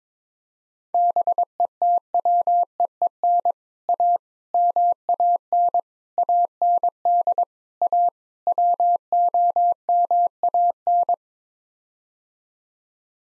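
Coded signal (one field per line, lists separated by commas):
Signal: Morse code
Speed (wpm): 22 wpm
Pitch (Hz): 700 Hz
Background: none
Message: BETWEEN A MAN AND A WOMAN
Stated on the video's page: Morse code practice at 22 wpm: sets of six common English words, each sent in Morse, then spoken, then sent again, for head-copy training.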